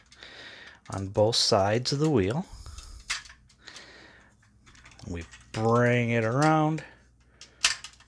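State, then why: Seated. Someone talks while transforming a Transformers Cybertron Dark Crumplezone toy, unplugging parts on both sides of a wheel and swinging a plastic limb section of the robot around, with faint plastic handling clicks along the way. At 7.7 seconds a sharp click is heard as the section locks into place in the toy body, and it is seated.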